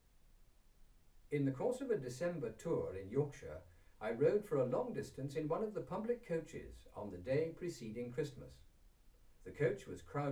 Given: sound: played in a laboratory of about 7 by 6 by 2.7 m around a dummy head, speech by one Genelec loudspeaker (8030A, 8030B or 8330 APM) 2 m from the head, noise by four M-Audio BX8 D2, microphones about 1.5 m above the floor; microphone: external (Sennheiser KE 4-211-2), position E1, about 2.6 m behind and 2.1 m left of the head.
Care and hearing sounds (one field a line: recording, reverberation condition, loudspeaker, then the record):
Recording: male speech in English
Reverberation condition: low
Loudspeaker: in front (0 degrees)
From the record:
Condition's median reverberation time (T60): about 310 ms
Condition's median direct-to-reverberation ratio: about 3.5 dB